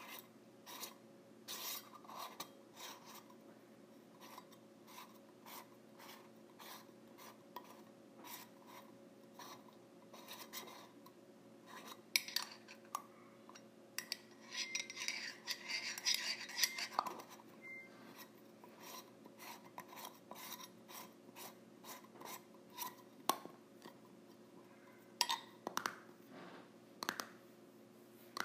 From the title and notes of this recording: ASMR Lid of a Tin Container.